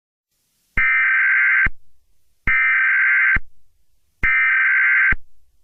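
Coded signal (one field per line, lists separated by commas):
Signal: Emergency Alert System (SAME) tones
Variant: header bursts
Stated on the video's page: Fictional EAS scenario remake, a simulated cyberterror alert.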